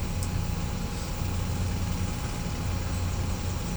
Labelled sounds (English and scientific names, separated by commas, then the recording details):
none
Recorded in pastures near Puerto Asís, Putumayo, Colombia, on 16 December 2024 at 10:30
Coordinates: 0.505, -76.324
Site G063